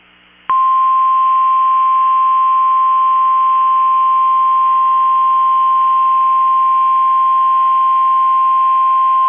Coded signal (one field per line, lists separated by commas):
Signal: Emergency Alert System (SAME) tones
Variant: 1050 Hz attention tone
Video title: 3/20/24 - KEC65 Required Weekly Test (EAS #1026)